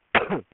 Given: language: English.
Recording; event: throat vibration sensor signal played as sound; cough